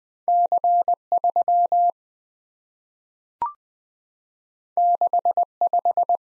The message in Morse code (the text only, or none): C3 65